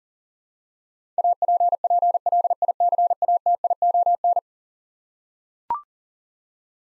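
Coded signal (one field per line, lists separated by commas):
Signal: Morse code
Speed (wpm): 40 wpm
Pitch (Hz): 700 Hz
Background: none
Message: APPLICATION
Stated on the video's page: 40 wpm Morse head-copy drill of eleven-letter words; each is sent, spoken, then sent again.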